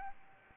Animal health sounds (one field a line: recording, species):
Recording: mosquito wingbeat signal from an infrared sensor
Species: Aedes albopictus